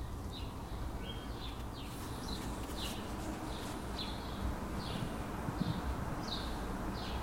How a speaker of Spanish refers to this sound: Pero qué maravilla, ¿no? Se oyen pájaros. ¿En serio? Y esto no es que fuera algo que estuviera grabando hasta que salieran unos pajaritos, ¿no? Esto es mañana, tarde y noche, sábado, martes, miércoles...